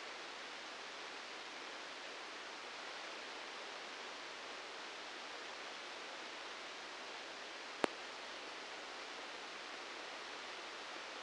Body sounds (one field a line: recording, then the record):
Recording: brain microelectrode recording played as sound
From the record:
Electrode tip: outside the subthalamic nucleus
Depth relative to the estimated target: 0 mm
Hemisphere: left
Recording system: NeuroSet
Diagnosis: Parkinson's disease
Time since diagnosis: 19 years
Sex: female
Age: 69 years